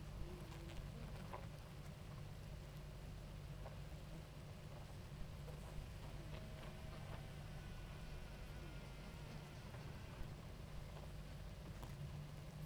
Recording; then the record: honeybee colony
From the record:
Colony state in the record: active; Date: 28 July 2017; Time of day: 18:40